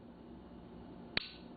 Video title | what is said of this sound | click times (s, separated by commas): Glock 19 | clicked right there that's | 1.2 s